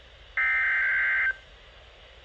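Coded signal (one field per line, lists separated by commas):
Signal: Emergency Alert System (SAME) tones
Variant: header bursts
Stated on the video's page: Severe thunderstorm warning EAS alert for Maryland counties.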